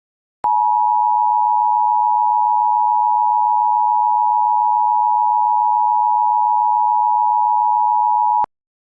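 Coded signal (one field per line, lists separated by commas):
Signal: Emergency Alert System (SAME) tones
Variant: 853 and 960 Hz attention tone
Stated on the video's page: Mock simulated Civil Danger Watch generated with an EAS encoder.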